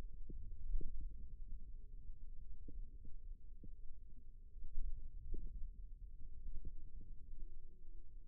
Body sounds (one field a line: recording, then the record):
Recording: forearm muscle sounds (acoustic myography)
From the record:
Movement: inward rotation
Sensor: system 2, bracelet of six BSWA MPA416 microphones around the upper forearm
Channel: 4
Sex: female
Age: 22 years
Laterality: right